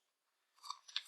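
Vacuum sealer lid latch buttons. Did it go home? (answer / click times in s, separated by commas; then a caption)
released / 0.7 s, 1.0 s. The side release buttons on the plastic lid of an Ambiano vacuum food sealer are pressed to unlatch the lid. After half a second of silence, a scraping, rustling sound builds, with sharp plastic clicks at 0.7 s and 1.0 s. The buttons release and the lid comes free.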